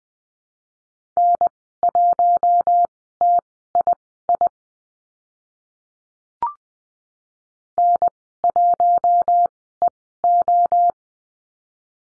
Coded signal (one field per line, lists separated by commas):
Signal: Morse code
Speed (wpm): 20 wpm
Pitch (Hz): 700 Hz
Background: none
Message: N1TII N1EO